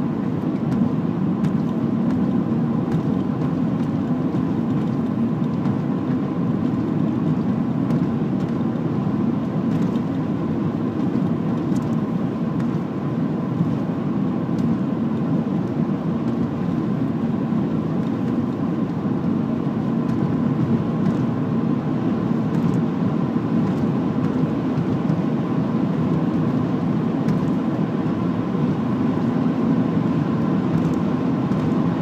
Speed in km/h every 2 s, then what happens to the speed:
79, 79, 79, 80, 80, 81, 81, 81, 81, 82, 83, 87, 89, 94, 98, 98.
0-17 steady at about 80. 17-32 speeds up to 98.